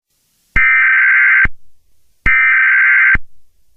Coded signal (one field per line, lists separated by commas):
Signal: Emergency Alert System (SAME) tones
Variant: header bursts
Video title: EAS Scenario #7: Light's Rampage pt 1: The Beginning